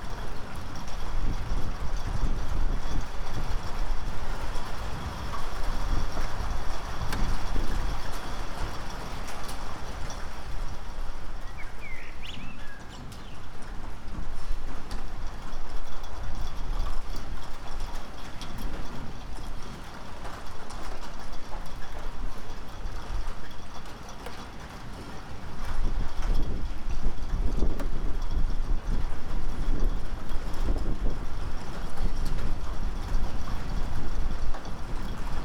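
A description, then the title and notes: Wind blows hard and steadily throughout, a dense low roar with gusts that swell and ease, rising again after about 25 seconds. Faint rattling and knocking come through the rush, and a brief high squeak sounds near 12 seconds. The Windy Storm Is Approaching.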